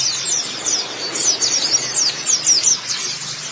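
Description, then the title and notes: White-eye song of quick, very high downward-slurred chirps in short bursts. "Kicauan Burung Pleci Durasi Panjang. Suara kicauan burung pleci"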